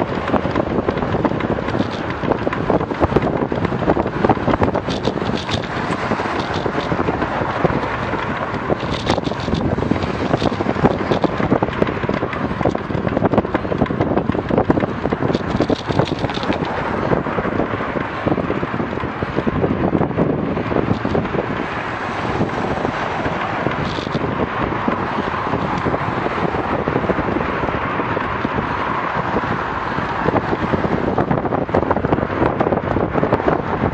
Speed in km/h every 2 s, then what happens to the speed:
27, 26, 26, 26, 25, 25, 23, 22, 23, 24, 25, 25, 25, 26, 26, 25, 26.
0-34 steady at about 25.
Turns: none.